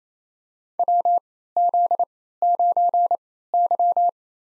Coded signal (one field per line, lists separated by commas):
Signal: Morse code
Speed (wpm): 28 wpm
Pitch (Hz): 700 Hz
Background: none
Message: WZ9Y